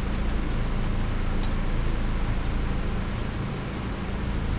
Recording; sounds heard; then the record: poultry house recording; no chicken sound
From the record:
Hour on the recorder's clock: 3